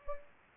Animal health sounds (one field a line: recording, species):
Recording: mosquito wingbeat signal from an infrared sensor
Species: Anopheles gambiae